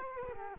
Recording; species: mosquito wingbeat signal from an infrared sensor; Culex quinquefasciatus